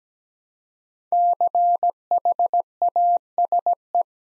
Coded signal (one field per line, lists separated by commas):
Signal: Morse code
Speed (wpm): 17 wpm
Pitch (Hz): 700 Hz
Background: none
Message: CHASE